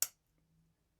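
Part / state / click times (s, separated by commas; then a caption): folding clasp on a metal watch bracelet / not seated / none. The folding clasp on the metal bracelet of a Cadisen C8181 watch is pressed closed, making one sharp, bright metallic tap at 0.0 s followed by faint, quiet rustling. The clasp does not lock or engage, and nothing has clicked into place.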